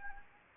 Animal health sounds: mosquito wingbeat signal from an infrared sensor; Anopheles gambiae

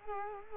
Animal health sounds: mosquito wingbeat signal from an infrared sensor; Culex quinquefasciatus

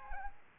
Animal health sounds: mosquito wingbeat signal from an infrared sensor; Aedes aegypti

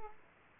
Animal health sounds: mosquito wingbeat signal from an infrared sensor; Aedes aegypti

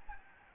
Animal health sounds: mosquito wingbeat signal from an infrared sensor; Aedes albopictus

